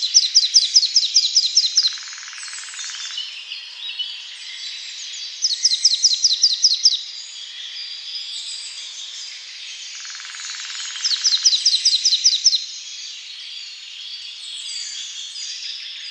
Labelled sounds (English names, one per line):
Marsh Tit song